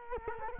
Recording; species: mosquito wingbeat signal from an infrared sensor; Culex quinquefasciatus